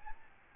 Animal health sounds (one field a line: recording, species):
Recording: mosquito wingbeat signal from an infrared sensor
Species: Aedes albopictus